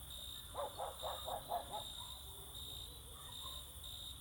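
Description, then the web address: Dog barking, a quick run of several barks in the first two seconds over a constant shrill chorus of crickets. Dogs barking all around in summer fields during evening or night, with crickets singing close. "Sculp Tunes - Summer in the field"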